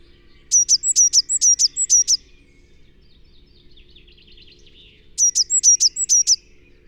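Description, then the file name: Eurasian blue tit call: two bursts of sharp, high-pitched notes delivered quickly and evenly, separated by a pause. "Cyanistes caeruleus"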